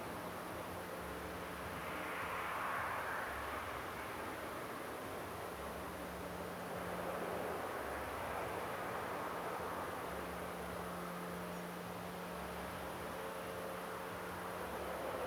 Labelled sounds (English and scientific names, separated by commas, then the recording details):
European Robin (Erithacus rubecula)
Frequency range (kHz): European Robin (Erithacus rubecula) 5.3-7.5 kHz
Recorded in France